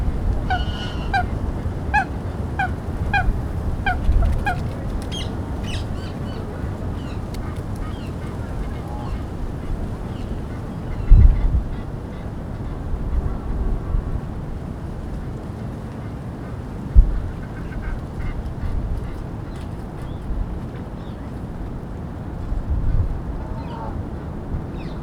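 Birds on a lake call over a steady low rumble, with a quick run of honks early on and occasional louder thumps near eleven and seventeen seconds.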